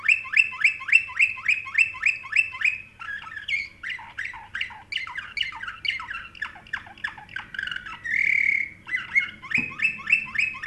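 Canary song: fast repeated chirps at the start, then varied buzzy and rolling phrases, a sustained harsh trill near the end, and a faint knock.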